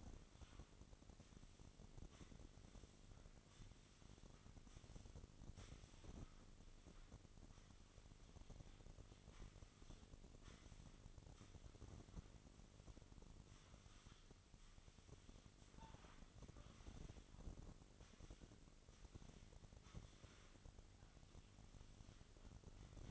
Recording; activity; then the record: daily activity, microphone in the room; sweep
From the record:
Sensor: 4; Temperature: 27.1 degrees Celsius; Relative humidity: 35.2%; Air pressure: 1003.9 hPa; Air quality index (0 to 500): 149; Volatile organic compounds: 2 ppm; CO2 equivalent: 1064 ppm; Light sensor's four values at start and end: 17/41/17/18 and 18/42/17/19